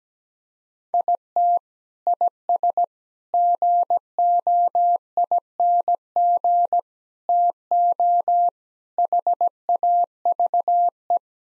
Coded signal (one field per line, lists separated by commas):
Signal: Morse code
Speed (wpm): 17 wpm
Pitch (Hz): 700 Hz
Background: none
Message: IT IS GOING TO HAVE